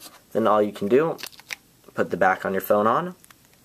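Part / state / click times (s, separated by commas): back cover onto the phone body / not seated / none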